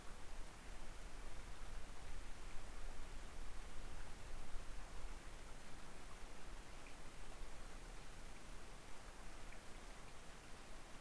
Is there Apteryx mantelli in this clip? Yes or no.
no